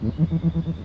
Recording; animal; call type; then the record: contact call of a hoofed animal; goat; low-frequency (closed-mouth) or high-frequency (open-mouth) call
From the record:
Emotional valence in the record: negative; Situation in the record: short social isolation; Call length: 0.85 s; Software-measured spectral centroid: 860 Hz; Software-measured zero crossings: 480 a second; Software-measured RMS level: -23 dBFS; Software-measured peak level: -10 dBFS